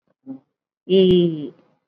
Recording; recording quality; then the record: sustained vowel as in beet; excellent, no background noise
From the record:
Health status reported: COVID-19 positive, mild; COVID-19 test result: positive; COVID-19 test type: RT-PCR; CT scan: not taken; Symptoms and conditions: cough, cold, fatigue, hypertension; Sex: female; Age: 58 years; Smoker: no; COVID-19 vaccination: none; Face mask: worn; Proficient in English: no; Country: India